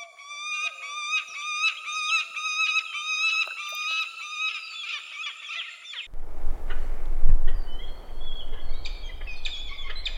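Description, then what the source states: Peregrine Falcon calls: repeated, harsh, harmonic squealing wails for about six seconds, then they stop and a low rumbling noise takes over. Special vocalizations given by male and female toward one another during pair-bonding courtship displays, with bowing and lifting feet high.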